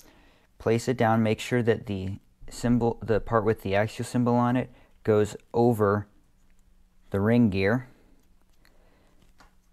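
Someone talks while placing the plastic differential cover of an Axial SCX10 III RC crawler portal axle down over the ring gear, with the side bearing the Axial symbol over the gear, ready to be pressed onto the axle case. Only faint, small handling sounds follow near the end. Nothing has popped or seated into place yet.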